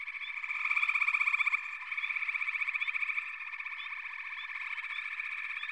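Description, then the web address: Frogs in chorus, pulsing trills rising and falling in strength, with repeated brief upward chirps over a constant buzzing background. "The Natural Sounds of the Wilderness 10 CDs collection Echoes of Nature - Sampler 08 Frog Chorus"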